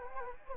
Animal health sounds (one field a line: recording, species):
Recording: mosquito wingbeat signal from an infrared sensor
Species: Anopheles gambiae